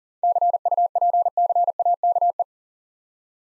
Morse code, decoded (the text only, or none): CUPCAKE